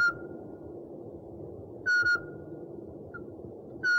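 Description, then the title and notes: Owl call: clear whistled notes at a steady pitch, one at the start, a doubled note near two seconds and another at the end, over a low background hum. One of 69 call variants recorded from 11 owl species. "Sovy - Eulen - Owls. 69 variant hlasů - 11 druhů sov"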